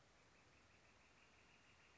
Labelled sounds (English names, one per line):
Northern Flicker